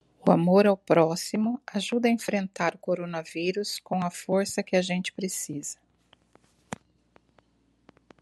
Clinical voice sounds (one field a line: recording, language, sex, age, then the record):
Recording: spoken sentence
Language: Brazilian Portuguese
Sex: female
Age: 50 to 59 years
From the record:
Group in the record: control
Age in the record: 53 years